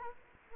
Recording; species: mosquito wingbeat signal from an infrared sensor; Culex quinquefasciatus